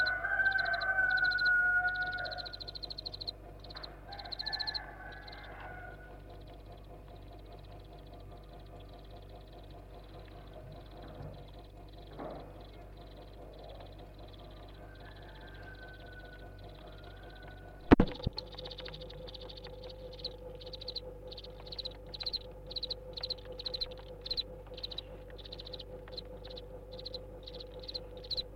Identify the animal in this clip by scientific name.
Acheta domesticus